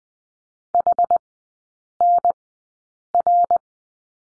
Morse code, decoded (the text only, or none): HNR